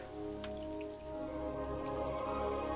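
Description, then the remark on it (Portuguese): Steady rain pours down in a continuous, dense hiss with occasional brighter droplet taps, holding an even loudness throughout, with a low hum underneath and no voices. “Ah, finge que tá chovendo aí.”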